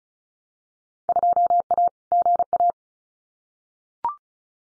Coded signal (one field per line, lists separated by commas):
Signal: Morse code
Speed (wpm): 36 wpm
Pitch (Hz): 700 Hz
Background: none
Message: 2A GA